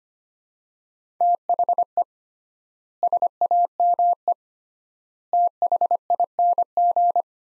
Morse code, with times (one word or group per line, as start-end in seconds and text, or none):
1.2-2.0 THE
3.0-4.3 SAME
5.3-7.2 THING